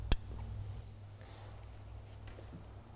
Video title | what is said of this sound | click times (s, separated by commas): Generator / Lichtmaschine wechseln - Skoda Octavia [TUTORIAL] | der passt nämlich nur in einer Position und hörbar einrasten lassen dann | 0.1 s